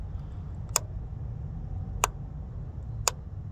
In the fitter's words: and I'm gonna push on this, and I'll hear the plastic click a little bit. Maybe we can hear it on the camera.